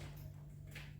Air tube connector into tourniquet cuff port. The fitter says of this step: Insert பண்றோம் அவ்வளவுதான் lock ஆயிடுச்சு.